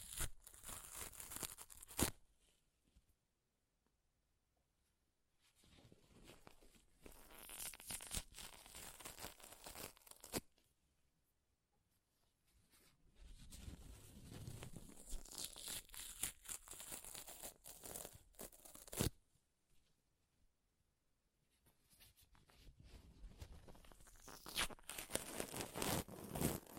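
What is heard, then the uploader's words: Paper is ripped and torn in several bursts: one near the start, another from about 5 to 10 seconds, a longer stretch from 13 to 19 seconds, and a final run after 21 seconds. Each tear is a dense, crackling, bright rasp with sharp snaps, separated by near-silence. ASMR Paper Ripping Tearing Sounds (No Talking).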